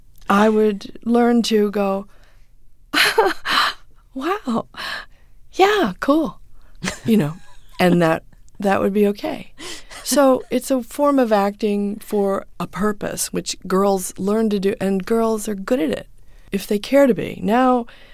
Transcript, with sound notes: I would learn to go, (laughter) wow. Yeah, cool.
(Laughter).
You know, and that that would be OK. So it's a form of acting for a purpose which girls learn to do, and girls are good at it, if they care to be.